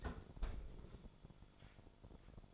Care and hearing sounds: daily activity, microphone in the room; close fridge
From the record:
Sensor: 5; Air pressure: 1007.9 hPa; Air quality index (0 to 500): 92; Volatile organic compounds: 1 ppm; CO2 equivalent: 726 ppm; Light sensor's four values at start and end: 39/90/38/39 and 39/88/37/38

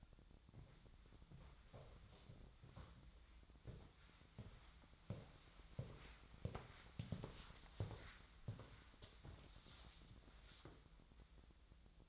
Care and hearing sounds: daily activity, microphone in the room; walk to room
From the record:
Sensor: 3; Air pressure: 1010.1 hPa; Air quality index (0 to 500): 178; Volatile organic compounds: 12 ppm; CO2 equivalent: 2326 ppm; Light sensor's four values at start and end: 42/103/45/48 and 40/100/43/47

